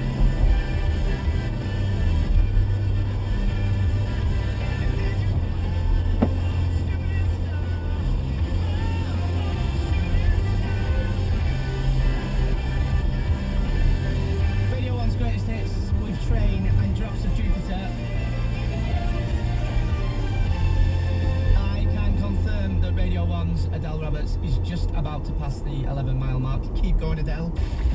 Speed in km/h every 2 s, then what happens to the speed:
42, 42, 42, 44, 45, 44, 42, 40, 40, 40, 42, 44, 45, 44.
0-28 steady at about 42.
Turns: none.